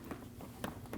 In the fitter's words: Wait for the click.